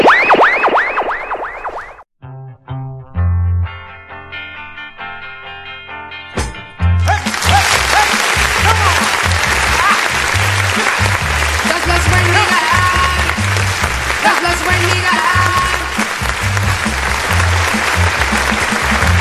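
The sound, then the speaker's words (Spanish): A brief musical phrase gives way to a loud, dense wash of clapping, with a steady thumping beat pulsing underneath as the applause carries on. “Ese aplauso estuvo cortico.”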